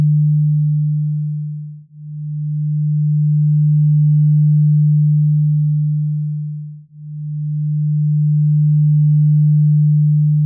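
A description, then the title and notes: A binaural beat: a single low, pure hum holds steady throughout with nothing else around it. Its loudness swells and fades very slowly, dropping almost to nothing near two and seven seconds, a gentle pulse about every five seconds. PURE EPSILON Binaural Beat Epsilon Wave Frequency. Epsilon waves oscillate at a frequency of 0.1 – 0.5 HZ.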